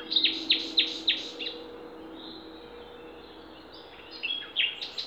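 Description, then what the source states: Songbird song opening with a run of five sharp notes, then a pause before scattered high chirps near the end, over faint background hum. Songbirds singing in Demerje forest on 28 April 2020.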